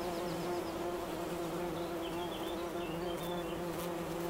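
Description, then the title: Bumblebee buzzing in a constant low hum, while faint, quick high chirps flicker in the background. Bumblebee buzzing recorded in Wülfel, Hannover, Germany. "Wülfel, Hannover, Deutschland - Hummelgebrumm"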